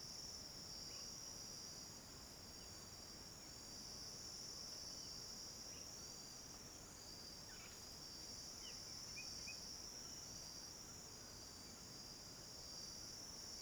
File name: Coro de grilos em fim de tarde com alguns passaros